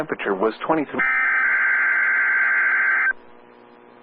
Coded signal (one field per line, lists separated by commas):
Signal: Emergency Alert System (SAME) tones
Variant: header bursts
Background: speech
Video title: eas 2059 dmx rwt final one for febuary